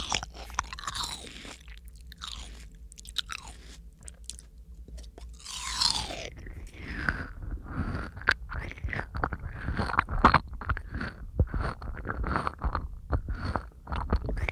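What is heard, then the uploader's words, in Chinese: Someone eats fruit, with wet chewing and crisp bites that come thick and fast from about six seconds onward. The first part is quieter, with a few sharp crunches and rustling. A low hum runs underneath throughout. 吃果果。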